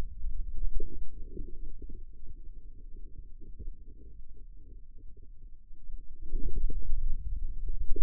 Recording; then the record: forearm muscle sounds (acoustic myography)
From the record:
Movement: inward rotation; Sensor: system 2, bracelet of six BSWA MPA416 microphones around the upper forearm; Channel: 6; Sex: male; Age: 22 years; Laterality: right